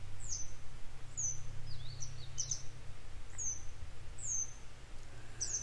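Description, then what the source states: Grey wagtail with high, thin, down-slurred call notes repeated roughly every second, set against a constant low hum. A pair of adults calling while still searching for their young.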